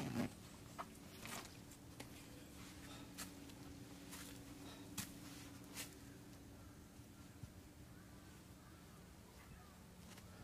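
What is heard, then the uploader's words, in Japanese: Walking on a summer mountain: a steady low drone runs throughout, broken every second or so by sharp clicks and scuffs, busiest early on. 環境音 夏山を歩く。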